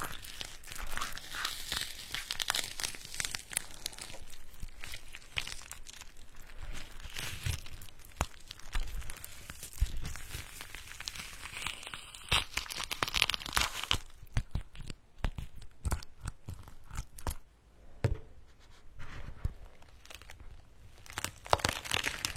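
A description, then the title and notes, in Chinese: Fruit is handled: banana, orange and pomegranate being peeled and torn apart. The first half is a dense, bright tearing and crinkling. After about fourteen seconds it thins to sparser, sharper snaps and soft squelches. 香蕉、橙子、石榴的声音。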